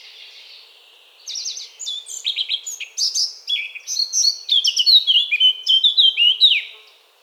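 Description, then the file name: Eurasian blackcap singing after a short quiet start, beginning with a scratchy, hurried warble and ending in loud, clear fluting notes that slide downward. "Sylvia atricapilla"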